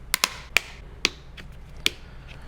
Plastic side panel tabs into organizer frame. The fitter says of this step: all right we have one side clicked into place now we're supposed to to bend this over